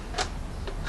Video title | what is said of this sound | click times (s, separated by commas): RMP anchor light and PowerPole cover install | it is you heard it snap in these wires aren't pinched | 0.7 s